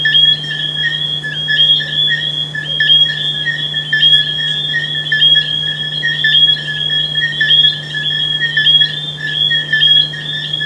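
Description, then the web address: Frog chorus of bright, repeated pulsed notes layered over each other, with a continuous low hum in the background. "humbot audio frogs"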